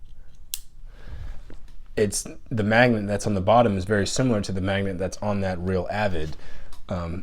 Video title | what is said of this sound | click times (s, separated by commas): AR-15 Multi-tool (My Favorite) | any one of these bits you take out, you just put it in here, and you hear that positive click of it snapping. | 0.5 s